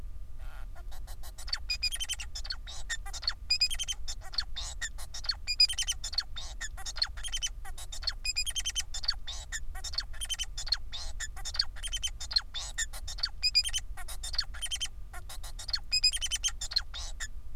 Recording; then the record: song of a male Bengalese finch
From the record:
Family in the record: son of father 4